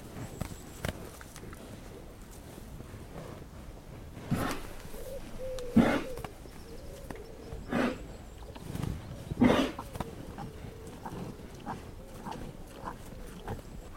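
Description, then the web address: Cows coughing, several short harsh bursts, some with a brief lowing tone. Cows milling about and coughing. "Hollywood Edge Historical Series. Coughing Cows"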